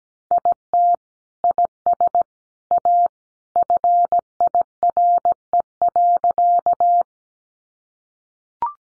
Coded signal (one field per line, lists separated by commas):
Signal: Morse code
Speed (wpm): 17 wpm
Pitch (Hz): 700 Hz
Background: none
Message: IT IS A FIRE.